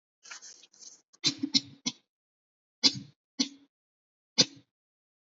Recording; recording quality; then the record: shallow voluntary cough; excellent, no background noise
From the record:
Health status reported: healthy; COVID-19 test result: negative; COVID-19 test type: RT-PCR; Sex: female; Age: 21 years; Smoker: no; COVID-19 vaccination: both doses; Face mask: not worn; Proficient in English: yes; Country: India